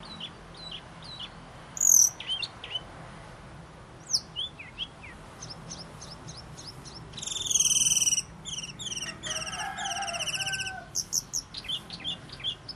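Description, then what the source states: Asian fairy-bluebird song: scattered high sharp chirps, then a bright harmonic burst and buzzy, rapidly repeated notes near the end. Unusual, persistent 'gacor' style singing.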